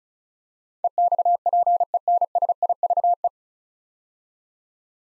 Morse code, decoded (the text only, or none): EXPENSIVE